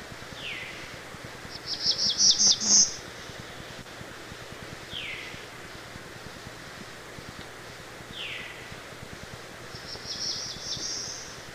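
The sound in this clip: Black-throated Blue Warbler singing twice, each a quick series of high buzzy notes; short descending whistled notes from another bird sound before and between the songs.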